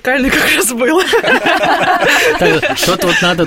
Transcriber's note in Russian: общий смех